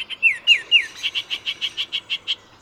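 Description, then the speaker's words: Baltimore Oriole × Bullock's Oriole hybrid song: three slurred descending whistles, then a steady run of several short, even notes repeated quickly. Hybrid male, half Bullock's and half Baltimore Oriole, in northeastern Colorado on the Great Plains Suture Zone where both species' ranges overlap and interbreed. "This jaunty fellow we're hearing is half Bullock's and half Baltimore Oriole."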